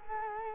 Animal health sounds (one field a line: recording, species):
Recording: mosquito wingbeat signal from an infrared sensor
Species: Culex quinquefasciatus